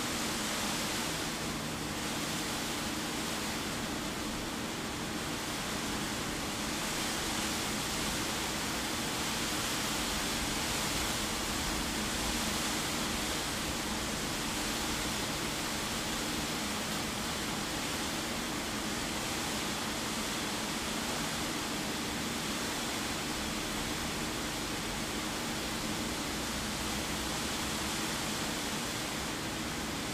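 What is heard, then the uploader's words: Rain and rushing water blend into a thick, unbroken hiss that holds steady for the whole thirty seconds. The sound is dense and even, bright on top with a soft low rumble underneath, and no separate drops or events stand out. Nature noises rain water and white noise.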